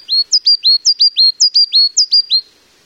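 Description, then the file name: Coal tit song: a rapid series of high, two-part phrases, each a thin note dropping into a lower one, repeated several times. "higara"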